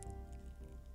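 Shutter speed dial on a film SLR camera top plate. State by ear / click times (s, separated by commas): not seated / none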